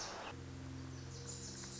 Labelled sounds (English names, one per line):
Wilson's Warbler